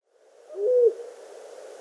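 Long-eared owl uttering one soft, low hoot that rises slightly, then a quiet hiss of background.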